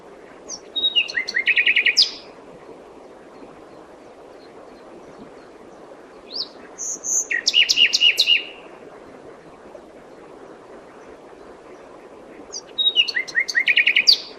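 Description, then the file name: Common nightingale singing three phrases with pauses, each a fast run of repeated clicking, rattling notes ending in sharp accents. "Luscinia megarhynchos"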